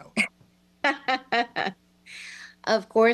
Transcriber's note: laughing